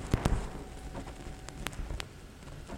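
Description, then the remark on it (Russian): Soft vinyl record crackle as a record is put on during a radio stream: scattered sharp clicks and pops over a low hiss, irregular and fairly quiet, with no voices present. “Поехали, она уже трещит.”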